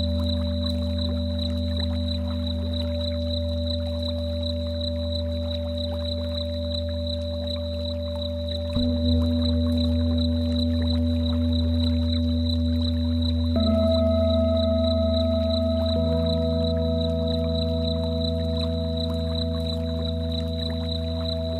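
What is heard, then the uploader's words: A singing bowl hums with a steady, low drone and a clear ringing tone held above it. At about nine seconds and again near fourteen and sixteen seconds, new strikes or rubs shift the pitch and add brighter overtones, while the sound stays smoothly sustained. Tibetan Singing Bowl, Healing Meditation, Mindful Meditation.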